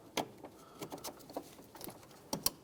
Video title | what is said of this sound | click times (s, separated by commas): How to Replace Radiator 2012-2020 Ford Focus | sure it clicks and then the wire gets connected right down there so that it doesn't just dangle around | 2.5 s